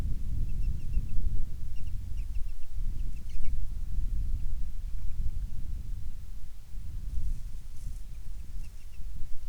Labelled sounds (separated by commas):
bird, wind